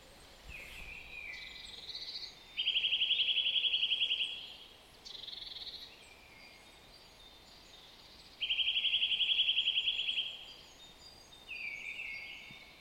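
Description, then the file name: Eurasian nuthatch calling: two loud, fast, even trills of rapid repeated notes lasting about one and a half seconds each, between softer calls, over a steady background hiss. "Sitta europaea"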